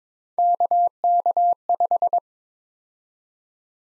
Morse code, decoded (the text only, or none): KK5